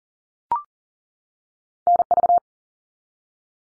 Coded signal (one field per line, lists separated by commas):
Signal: Morse code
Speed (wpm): 40 wpm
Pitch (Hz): 700 Hz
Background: none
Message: NV